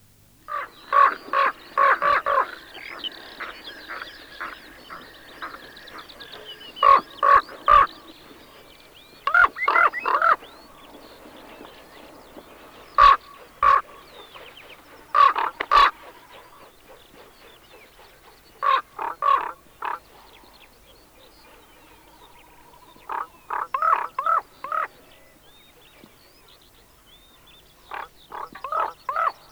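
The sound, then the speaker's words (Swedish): A common raven gives harsh, throaty croaks and knocking calls in irregular clusters, some rapid and rattling, others single and spaced apart, with soft gurgling notes between them and no voices. “Det var korp, nu följer bergfink.”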